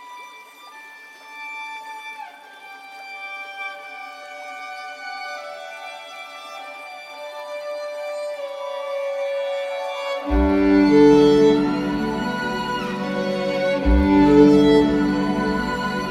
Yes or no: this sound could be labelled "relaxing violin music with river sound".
yes